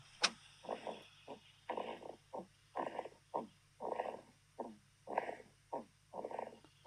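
A steady run of short, creaky, snuffly breath noises, roughly two per second, about a dozen over seven seconds, from a sleeping baby girl, sounding like a creaky door. The sound is thin and slightly tinny, played back from a phone. These are the little snores of infant sleep breathing.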